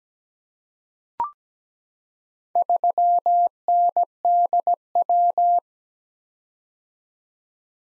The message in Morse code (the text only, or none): 3NDW